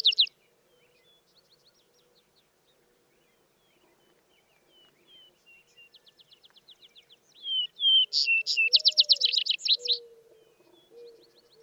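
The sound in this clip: Vesper sparrow song, with faint quick notes building into two whistles and a loud rapid trill, while a low whistle sounds quietly.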